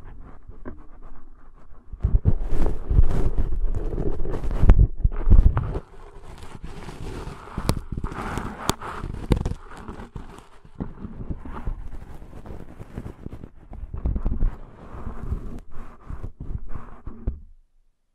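Ear cleaning sounds fill the recording: dense, uneven scraping, rubbing and crackling that come in bursts with short gaps. Heavy low thumps and rustles are strongest around two to six seconds, then lighter scratchy bursts continue until the sound stops near seventeen seconds.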